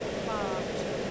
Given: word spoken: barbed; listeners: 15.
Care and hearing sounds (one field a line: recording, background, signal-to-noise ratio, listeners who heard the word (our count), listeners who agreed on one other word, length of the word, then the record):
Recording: one English word in noise, from a listening test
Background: speech-shaped noise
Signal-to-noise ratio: -5.7 dB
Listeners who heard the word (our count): 0 of 15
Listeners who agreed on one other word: 6 of 15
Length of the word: 0.71 s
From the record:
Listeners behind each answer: 6, 4, 2, 2, 1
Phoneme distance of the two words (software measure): 27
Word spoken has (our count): 1 syllable, 4 phonemes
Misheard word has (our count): 1 syllable, 3 phonemes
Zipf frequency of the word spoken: 3.25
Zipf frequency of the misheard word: 5.67